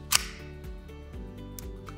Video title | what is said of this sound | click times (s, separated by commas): Auto-Injections For Erectile Dysfunction | you hear that click the injector has been cooked it's ready for use | 0.2 s